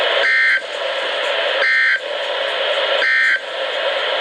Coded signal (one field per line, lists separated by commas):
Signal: Emergency Alert System (SAME) tones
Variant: end-of-message bursts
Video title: NOAA Weather Radio EAS #285: First 2014 Required Weekly Test